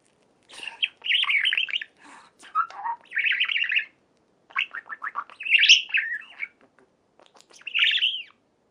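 Budgerigar song: chattering, buzzy warbles and chirps in short bursts, with rising and falling squeaky notes and brief pauses.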